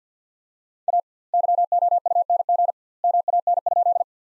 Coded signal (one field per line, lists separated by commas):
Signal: Morse code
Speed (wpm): 50 wpm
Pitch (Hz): 700 Hz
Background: none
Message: A YOUNG MAN?